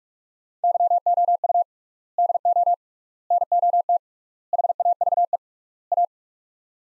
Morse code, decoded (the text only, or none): YOU DO NOT HAVE A